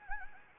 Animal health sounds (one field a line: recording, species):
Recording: mosquito wingbeat signal from an infrared sensor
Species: Anopheles gambiae